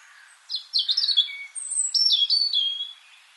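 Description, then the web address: European robin singing a short, high, liquid phrase of tumbling whistled notes that rise and fall, against a quiet background. "SETE data Erithacus rubecula"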